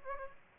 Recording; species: mosquito wingbeat signal from an infrared sensor; Aedes aegypti